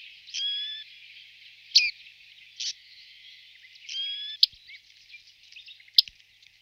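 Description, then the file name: Bearded reedling giving nasal, twanging 'ping' notes with a few sharp clicks in between, calls spaced irregularly over a faint hiss. "baardman"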